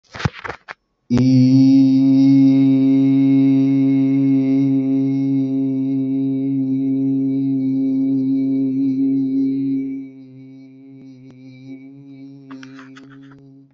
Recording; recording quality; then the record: sustained vowel as in beet; excellent, no background noise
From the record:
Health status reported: respiratory illness, not identified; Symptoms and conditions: none ticked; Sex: male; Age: 34 years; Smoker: yes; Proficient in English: yes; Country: India